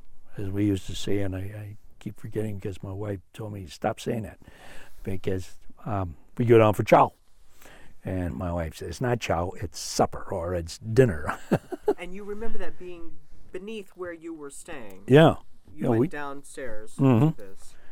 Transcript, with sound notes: as we used to say — and I keep forgetting because my wife told me to stop saying that because — we'd go down for chow. And my wife said, "It's not chow. It's supper or it's dinner". [Laughs]
And you remember that being beneath where you were staying.
Yeah.
You were downstairs after this.